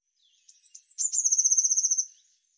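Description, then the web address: Eurasian blue tit: a few thin, very high introductory notes, then a fast, even trill of high notes lasting about a second, against a clean, silent background. "cianscape birddata Deverinetal 2025 File cleaned normalized Bird Cy Ca"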